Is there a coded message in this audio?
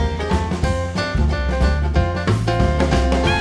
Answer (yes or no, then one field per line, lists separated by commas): no